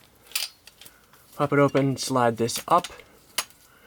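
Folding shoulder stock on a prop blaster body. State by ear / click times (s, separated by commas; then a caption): seated / 3.4 s. The folding shoulder stock on a custom E-11/F-11 airsoft tracer prop blaster is swung around, opened and slid up; a few light clacks sound early on, and someone talks. A single sharp clack at 3.4 s marks the stock locking into its extended position.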